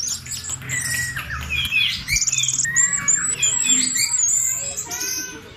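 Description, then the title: Bird song, a busy mix of chattering chirps and level high whistles, several notes sustained briefly, with fast, irregular twittering throughout. "SuaraBurung Kicau9"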